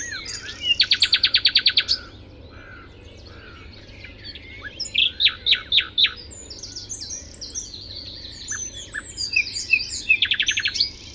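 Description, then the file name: Common nightingale song: a rapid run of identical percussive notes, a pause, then more bursts of repeated notes and thin high chirps. "Luscinia megarhynchos"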